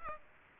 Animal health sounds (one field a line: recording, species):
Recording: mosquito wingbeat signal from an infrared sensor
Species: Aedes aegypti